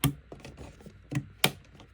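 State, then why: Seated. A DDR5 memory module is pressed down into a motherboard DIMM slot until the retention latches snap shut on both sides. Two sharp clicks are heard at 0.0 s and 1.4 s, with fainter ticks and handling noise in between. The module is confirmed seated.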